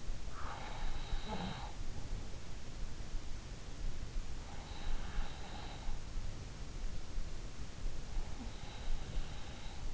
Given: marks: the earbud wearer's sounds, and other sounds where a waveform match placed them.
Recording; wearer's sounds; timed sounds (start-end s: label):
sounds in sleep by an in-ear microphone; breath
0.00-2.51 s: breath